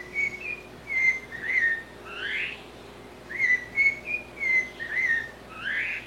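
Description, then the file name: Blue-bellied parrot song: clear whistled notes near one pitch mixed with rising, burry slurred notes, delivered in two similar phrases with a brief pause between them. "Canto do sabia cica"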